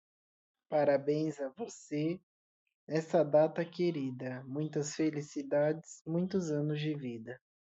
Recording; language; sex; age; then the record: short text; Brazilian Portuguese; male; 20 to 29 years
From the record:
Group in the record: control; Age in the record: 27 years